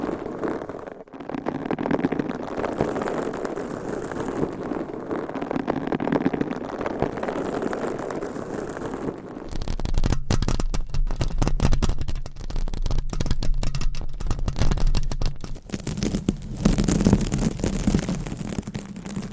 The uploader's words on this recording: ASMR Mic Scratching - Brain Scratching with 20 DIFFERENT MICS & CLAWS! No Talking for Sleep.